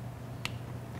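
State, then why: Torque reached. A click-type torque wrench tightens another bolt on a transmission adapter plate fastened to an electric motor, continuing a star pattern. Over a steady low hum, one sharp click rings out at 0.4 s, followed by a fainter tick at the very end. The wrench clicks, confirming the bolt has reached torque.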